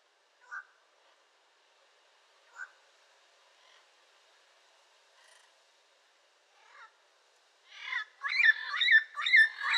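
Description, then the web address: Yellow-crowned amazon with two isolated harsh notes early on, then a loud burst of rough, grating squawks in quick succession near the end. "sound yellow-crowned-amazon. صدای-پرنده-آمازون-تاجزرد"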